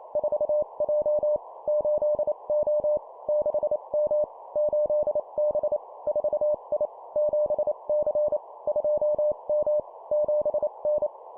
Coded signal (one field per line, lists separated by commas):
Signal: Morse code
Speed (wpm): 28 wpm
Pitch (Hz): 600 Hz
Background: none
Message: 4J 8O 6M 8B 4I 7C 2M 7N